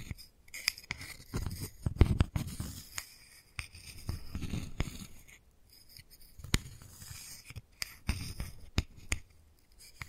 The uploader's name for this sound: Wooden Ball Triggers